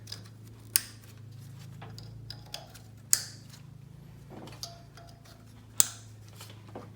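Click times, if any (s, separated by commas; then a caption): 0.8 s, 3.1 s, 5.8 s. Plastic harness lead connectors are plugged onto the remaining ignition coils of a 4th-generation Toyota RAV4's 2.0L 4-cylinder engine, over a steady low hum. Each gives a sharp click at 0.8, 3.1 and 5.8 seconds, with fainter handling ticks in between. All the connectors are seated.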